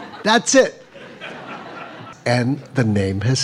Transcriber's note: laughter